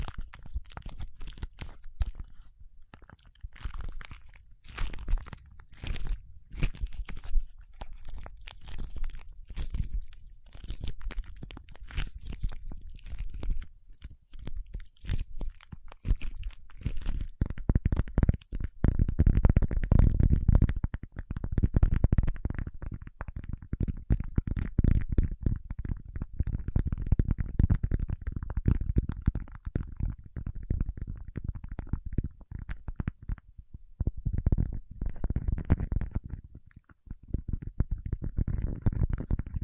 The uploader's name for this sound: Paraffin Wax Peeling, Tapping and Scratching